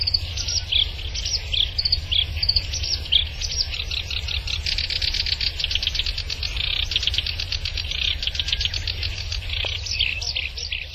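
Black-browed reed warbler song, a fast chattering stream of buzzy and clearer whistled notes that varies in pace throughout, over a low background hum.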